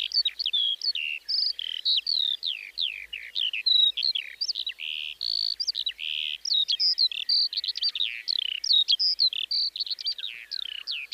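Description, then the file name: Skylark song flowing nonstop, with quick twittering notes, buzzy bursts and sliding whistles packed tightly together in a high register. "mezeipacsirta"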